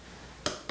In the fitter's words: and here the click 15